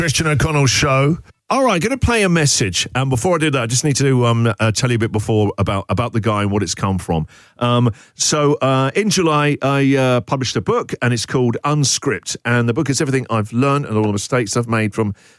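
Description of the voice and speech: An adult male radio host speaks in a clear, fluent, conversational broadcast voice. The pitch is moderate and the pace is steady, with only brief pauses and a couple of ordinary 'um' fillers. This is normal fluent speech with no voice or fluency disorder evident.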